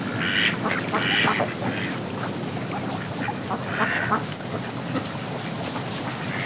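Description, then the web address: Ducks giving nasal quacks, a few spaced calls over a steady rushing water background. A flock of ducks splashing in water and quacking. "ducks in water splashing animal bird x flock splashing in water animal bird quacking"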